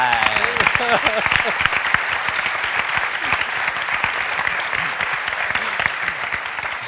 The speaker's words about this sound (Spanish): Aplauso, venga, sí. Venga. Levanta una mano o algo. Venga.